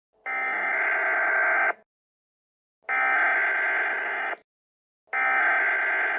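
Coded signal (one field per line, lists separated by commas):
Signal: Emergency Alert System (SAME) tones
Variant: header bursts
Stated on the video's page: Fictional, made-up EAS announcement, not a real alert.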